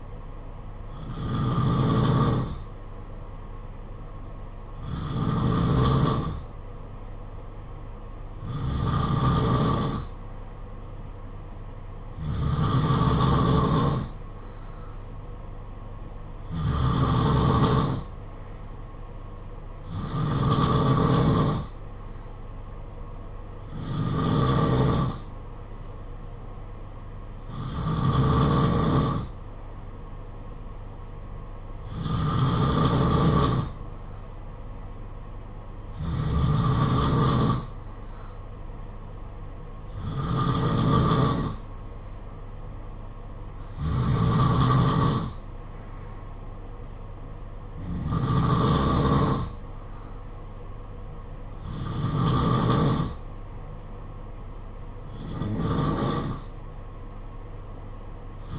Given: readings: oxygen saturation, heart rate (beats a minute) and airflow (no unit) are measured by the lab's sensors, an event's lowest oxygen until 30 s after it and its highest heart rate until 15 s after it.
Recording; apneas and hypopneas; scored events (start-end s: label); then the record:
breathing in sleep by a smartphone at the bedside; none
none scored
From the record:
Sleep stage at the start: N2 (light sleep); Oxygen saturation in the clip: 91 to 93%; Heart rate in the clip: 50 to 58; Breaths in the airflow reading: 15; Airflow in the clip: -6.8 to 4.0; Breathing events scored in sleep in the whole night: 476 in 9.7 hours asleep